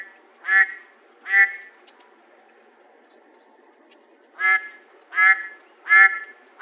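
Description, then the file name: Mallard quacking: two nasal, harmonic quacks, a pause of about three seconds, then four more quacks in quick succession against a quiet background. "MALL 3 deviche"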